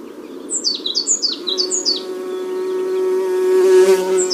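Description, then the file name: African blue tit calls: a quick run of high, thin, downslurred notes in paired steps, repeated for about a second and a half, over a steady low droning hum. Tenerife, Canary Islands. "cyanistes teneriffae"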